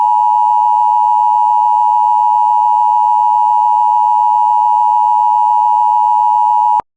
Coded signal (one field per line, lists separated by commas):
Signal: Emergency Alert System (SAME) tones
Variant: 853 and 960 Hz attention tone